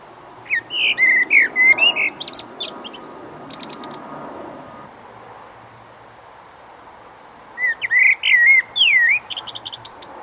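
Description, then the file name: Eurasian blackbird sings two song phrases several seconds apart, each a rich fluty warble ending in thin, high chattering notes. "Turdus merula"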